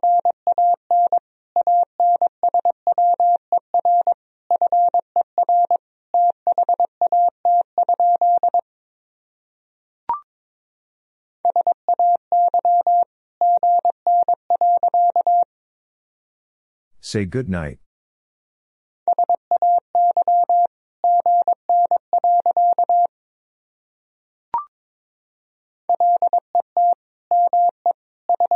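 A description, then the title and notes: Morse code tapped out as a steady mid-pitched beep, short and long tones in quick, even bursts grouped into words. The sending pauses near 9, 16 and 23 seconds, with a sharp click at 10 and 24 seconds and a brief rushing noise around 17 seconds. Sentences from Top 300 Words and Abbreviations 22wpm. These sentences are composed of the Top 300 words and Morse code abbreviations. First, the words and abbreviations are sent in Morse code.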